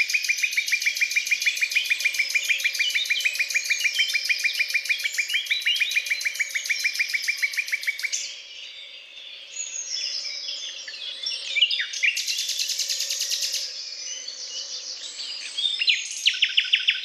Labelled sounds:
Common Nightingale (Luscinia megarhynchos) song

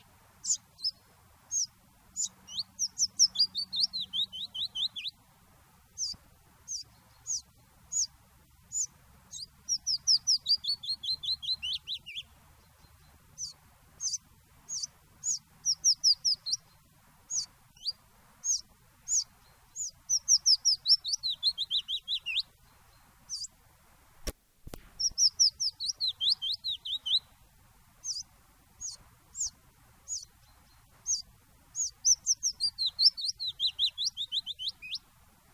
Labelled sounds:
Willow Warbler (Phylloscopus trochilus)

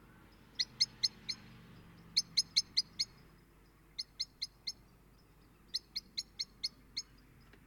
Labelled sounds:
Common Blackbird (Turdus merula) call

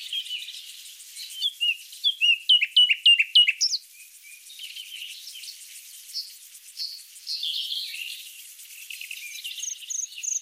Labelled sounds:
Common Nightingale (Luscinia megarhynchos) song

